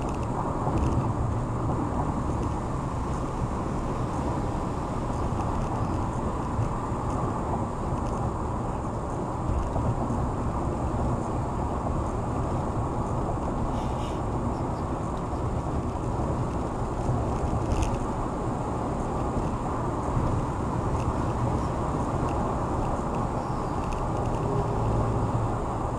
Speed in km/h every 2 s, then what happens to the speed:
113, 111, 111, 109, 108, 109, 109, 109, 109, 109, 111, 113, 113.
0-26 steady at about 109.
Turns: none.